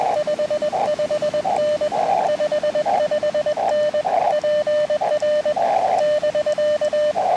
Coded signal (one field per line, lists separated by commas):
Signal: Morse code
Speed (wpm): 21 wpm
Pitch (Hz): 600 Hz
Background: radio noise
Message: 55N 55N PR <BK>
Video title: New Park CW Morse Code POTA Activation